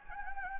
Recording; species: mosquito wingbeat signal from an infrared sensor; Anopheles gambiae